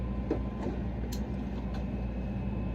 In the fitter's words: And then I'll get my pliers and squeeze that on there as tight as it goes, because it locks in each little click. Go, locked in